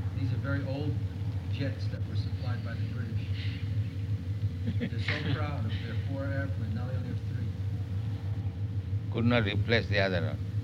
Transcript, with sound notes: These are very old jets that were supplied by the British. [Prabhupāda laughs] They're so proud of their four airplanes. Now they only have three.
Could not replace the other one.